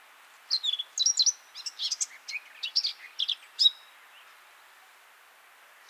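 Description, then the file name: Eurasian blackcap: songbird warbling, a quick series of high scratchy notes for about three seconds, then quiet with faint hiss and one last note at the end. "Sylvia atricapilla"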